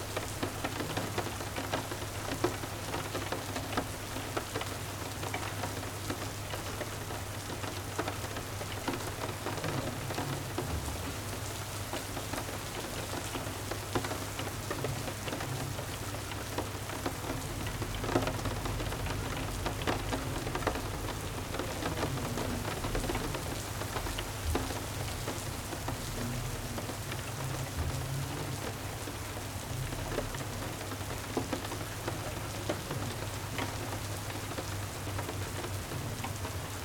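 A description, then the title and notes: Steady, dense rain falls throughout, a constant hiss of drops hitting a surface with many small crisp patters. Underneath runs a low, even rumble that holds without a break, and the level stays nearly flat from start to finish. Rainstorm sounds.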